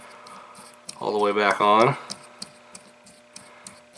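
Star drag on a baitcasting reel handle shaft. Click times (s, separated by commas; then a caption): 2.4 s, 2.8 s, 3.4 s, 3.7 s. A metal star drag on a baitcasting reel's handle shaft, held with plastic pliers, is turned all the way tight while someone talks. Sharp detent clicks are heard at 2.4, 2.8, 3.4 and 3.7 seconds. The drag clicks as it is tightened, confirming it is drag detent clicking rather than a part seating.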